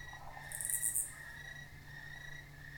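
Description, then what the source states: Crickets give a steady, thin, high trill, with one short high buzzing burst early on and a low background hum. Crickets in a country field at night.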